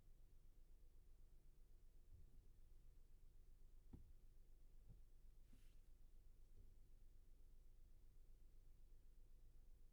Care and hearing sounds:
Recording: everyday scene through a hearing-aid microphone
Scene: in a vehicle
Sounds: engine idling, traffic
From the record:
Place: Skoda Fabia, gasoline engine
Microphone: behind the ear, left, rear

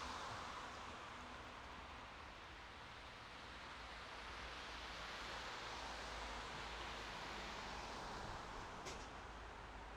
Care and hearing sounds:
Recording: everyday scene through a hearing-aid microphone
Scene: in traffic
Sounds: traffic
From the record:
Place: bus stop on a city main road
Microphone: in the ear canal, right

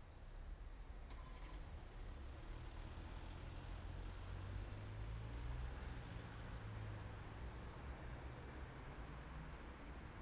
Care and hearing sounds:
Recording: everyday scene through a hearing-aid microphone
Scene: in traffic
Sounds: traffic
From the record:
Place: main city hub, rush hour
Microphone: behind the ear, right, rear

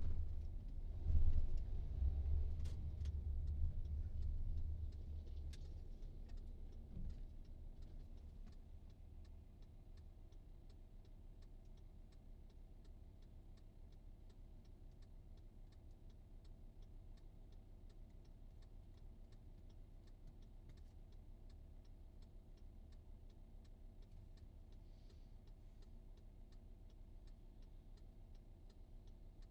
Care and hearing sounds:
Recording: everyday scene through a hearing-aid microphone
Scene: in a vehicle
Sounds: engine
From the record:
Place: VW T5 Caravelle, diesel engine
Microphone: in the ear canal, right

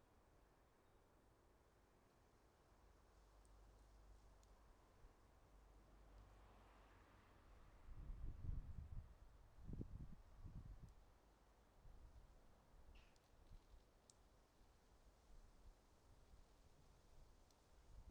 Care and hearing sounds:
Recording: everyday scene through a hearing-aid microphone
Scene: wind on the microphone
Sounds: wind, traffic, birds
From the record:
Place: suburban garden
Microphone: in the ear canal, right

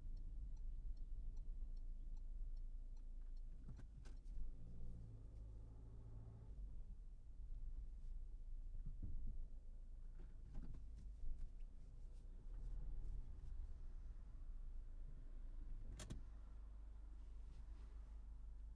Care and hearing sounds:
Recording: everyday scene through a hearing-aid microphone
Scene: in a vehicle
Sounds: engine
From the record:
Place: Berlingo II, diesel engine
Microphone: behind the ear, right, front

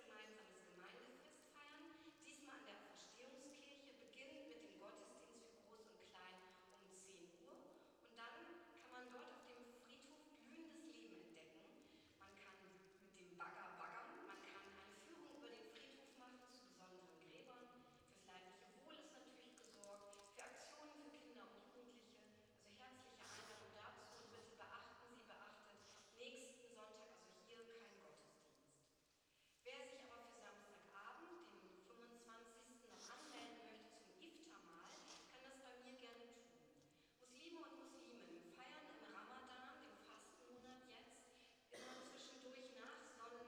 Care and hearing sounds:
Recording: everyday scene through a hearing-aid microphone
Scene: reverberant space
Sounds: speech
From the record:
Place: church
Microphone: in the ear canal, right

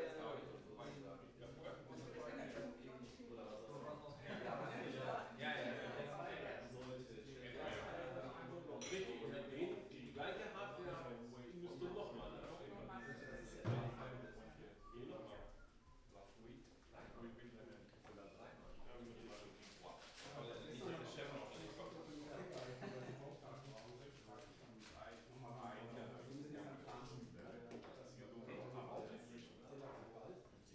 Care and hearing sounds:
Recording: everyday scene through a hearing-aid microphone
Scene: many people talking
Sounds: many voices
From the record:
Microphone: behind the ear, right, front

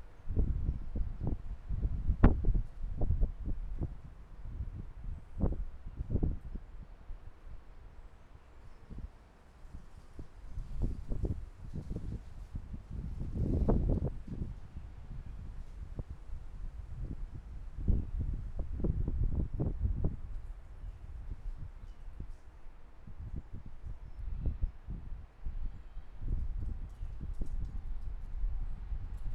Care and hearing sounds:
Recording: everyday scene through a hearing-aid microphone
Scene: wind on the microphone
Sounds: squally wind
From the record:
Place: parking lot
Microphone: behind the ear, left, rear

